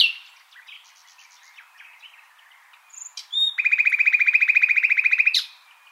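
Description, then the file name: Common nightingale song: soft scattered notes, a couple of clear whistles, then a loud, steady run of rapidly repeated notes lasting nearly two seconds. "Luscinia megarhynchos"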